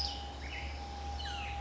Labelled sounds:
Black-headed Grosbeak
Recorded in Sonoma County, California

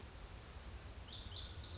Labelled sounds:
Lazuli Bunting
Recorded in Sonoma County, California

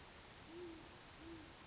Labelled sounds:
Great Horned Owl
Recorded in Sonoma County, California

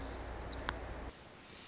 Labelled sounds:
Pacific Wren
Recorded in Sonoma County, California

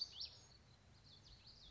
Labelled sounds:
Common Yellowthroat
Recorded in Sonoma County, California

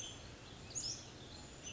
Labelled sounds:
Western Tanager
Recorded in Sonoma County, California

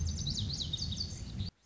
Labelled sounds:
Lazuli Bunting
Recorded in Sonoma County, California

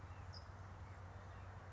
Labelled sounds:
California Towhee
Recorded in Sonoma County, California

